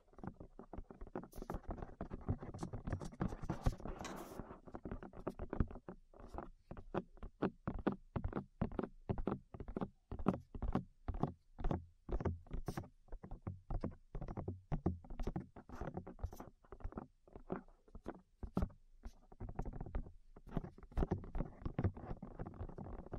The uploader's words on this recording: ASMR Tap Your Ears 3Dio (No Talking).